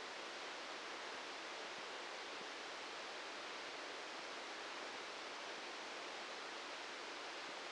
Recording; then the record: brain microelectrode recording played as sound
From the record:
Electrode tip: outside the subthalamic nucleus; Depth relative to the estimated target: -3 mm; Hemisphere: left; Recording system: NeuroSet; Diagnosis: Parkinson's disease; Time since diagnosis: 15 years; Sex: male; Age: 65 years